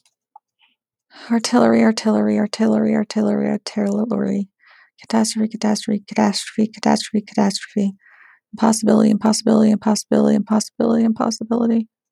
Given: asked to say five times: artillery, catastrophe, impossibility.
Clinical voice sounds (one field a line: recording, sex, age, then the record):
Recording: three words, each repeated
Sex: female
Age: 30 to 39 years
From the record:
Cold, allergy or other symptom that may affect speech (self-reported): no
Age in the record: 38 years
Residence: California, United States